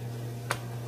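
The plastic sprayer head of a Flairosol continuous-mist spray bottle is twisted off the bottle body. A single sharp click at 0.5 s marks the twist lock letting go, over a steady low hum, and the head comes free of the bottle.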